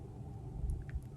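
The two halves of a metal bracelet clasp at the back of a Louis Vuitton bracelet are pushed back together after a struggle. Short, sharp clicks land at 0.7, 0.9 and 1.0 seconds over a low, steady rumble. The halves are seated and fit together.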